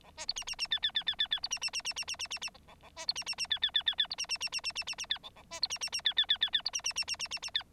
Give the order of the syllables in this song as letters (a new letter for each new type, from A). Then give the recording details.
A B C D D D E E E E E E C D D D D D D D D D F A A B C D D D E E E E E C D D D D D D D D E A A B C D D D E E E E E C D D D D D D D E. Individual Bird9